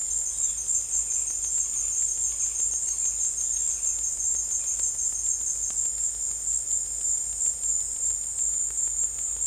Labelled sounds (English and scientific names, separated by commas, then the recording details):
none
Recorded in dense forest near Puerto Asís, Putumayo, Colombia, on 20 December 2024 at 14:30
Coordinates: 0.482, -76.320
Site G021